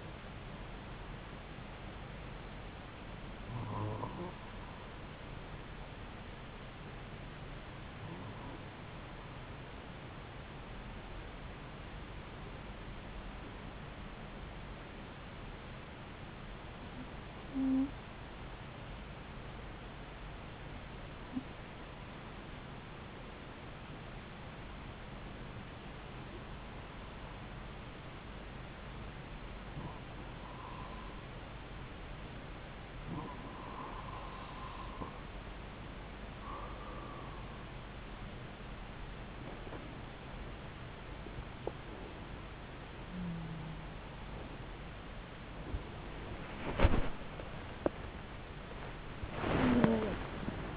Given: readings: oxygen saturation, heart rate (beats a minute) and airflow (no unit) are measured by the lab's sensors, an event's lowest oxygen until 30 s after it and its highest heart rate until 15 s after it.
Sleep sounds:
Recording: breathing in sleep by a voice recorder at the bedside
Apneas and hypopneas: 1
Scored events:
5.00-45.20 s: hypopnea (N2, oxygen 95% highest, then 93% lowest)
From the record:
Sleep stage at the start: N2 (light sleep)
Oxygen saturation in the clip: 92 to 95%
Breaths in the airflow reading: 11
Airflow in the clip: -6.3 to 11.1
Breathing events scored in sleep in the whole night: 270 in 6.1 hours asleep

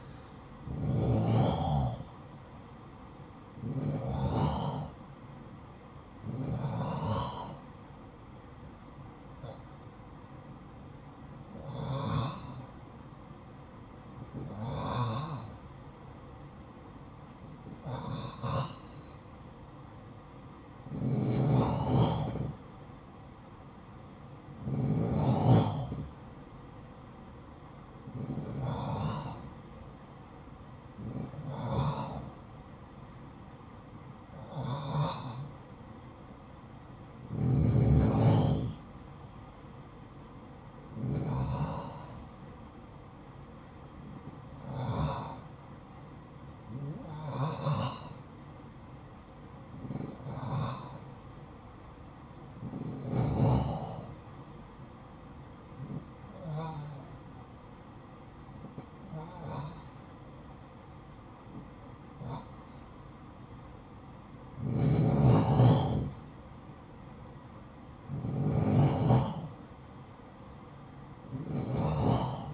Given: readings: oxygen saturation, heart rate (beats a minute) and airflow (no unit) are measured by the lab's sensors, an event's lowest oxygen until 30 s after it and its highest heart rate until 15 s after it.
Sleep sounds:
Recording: breathing in sleep by a smartphone at the bedside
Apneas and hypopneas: 1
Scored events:
10.00-38.50 s: hypopnea (N1, oxygen 93% highest, then 91% lowest, heart rate 55 at the start, 60 highest)
From the record:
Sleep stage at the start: N1 (lightest sleep)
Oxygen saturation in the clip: 89 to 93%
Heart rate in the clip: 52 to 60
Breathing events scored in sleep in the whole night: 573 in 9.8 hours asleep

